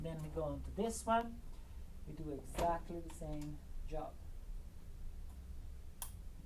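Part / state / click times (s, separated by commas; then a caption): XLR cable connector into microphone / seated / 6.0 s. Someone talks while a female XLR cable connector is pushed onto a microphone on a drum mic stand. A short, sharp click of the latch sounds at 6.0 s, and the connector is seated.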